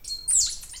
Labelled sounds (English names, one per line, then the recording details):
Stitchbird song
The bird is a male
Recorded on Tiritiri Matangi Island, New Zealand, in 2005
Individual 11, of nest box 13